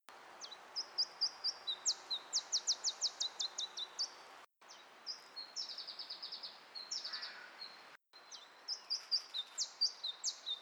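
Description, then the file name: Iberian chiffchaff song, high sweet notes in fast phrases of repeated chips and downslurred whistles, several bursts separated by brief gaps, faint background hiss. "iberischer zilpzalp"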